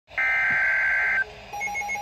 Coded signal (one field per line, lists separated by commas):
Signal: Emergency Alert System (SAME) tones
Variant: header bursts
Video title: (Fourth￼ of July EAS Compilation) STW, SMW and FFW on NOAA Radios! (7/4/2022) EAS #124–132